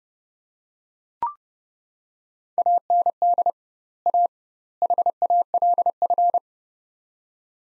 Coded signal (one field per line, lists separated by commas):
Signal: Morse code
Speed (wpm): 30 wpm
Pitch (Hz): 700 Hz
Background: none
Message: AND A HALF